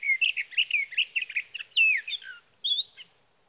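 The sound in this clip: Sage thrasher delivering a quick, jumbled warbling phrase sequence, a falling slurred note, a short gap, then one last higher note.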